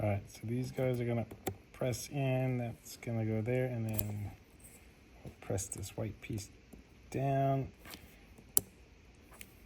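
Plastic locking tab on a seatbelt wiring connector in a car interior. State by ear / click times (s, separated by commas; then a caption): seated / 8.6 s. Someone talks while joining the two halves of a seatbelt wiring connector in a Ferrari F430 interior, then presses the white plastic locking piece down. A sharp snap at 8.6 s marks the tab seating, locking the connector in place.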